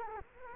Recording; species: mosquito wingbeat signal from an infrared sensor; Culex quinquefasciatus